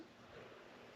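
A drag washer stack is rotated by hand on the drag assembly of an Okuma Coldwater/Convector fishing reel during a drag upgrade. For about one second, only a steady, soft broadband hiss is heard, with no distinct hit. Nothing has seated or clicked yet.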